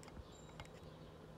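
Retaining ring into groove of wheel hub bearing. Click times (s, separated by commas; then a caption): 0.6 s. A wheel hub is pressed into a new wheel bearing on a Renault Mégane, over a pre-fitted retaining ring. A sharp click at 0.6 s sounds as the ring snaps into the groove of the hub bearing, over a low steady hum and a few faint ticks. The ring is seated.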